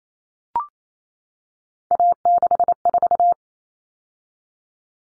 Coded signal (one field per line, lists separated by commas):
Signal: Morse code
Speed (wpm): 28 wpm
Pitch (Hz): 700 Hz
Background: none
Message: A64